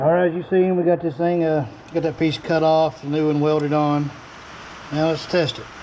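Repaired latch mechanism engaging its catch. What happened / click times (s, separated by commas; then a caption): Handled, not yet home: the latch has not caught / none. A metal latch piece from a 1951 Ford, with its old section cut off and a new one welded on, is handled off the car before being tested by pushing it until it catches. Someone talks over a low steady hum. The clip ends before the latch goes home, and nothing has seated or clicked yet.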